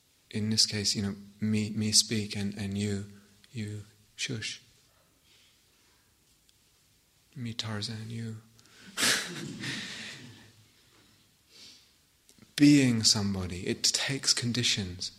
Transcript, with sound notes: In this case, you know, me speak, and you, you shush. Me Tarzan, you... [laughter] Being somebody, it takes conditions.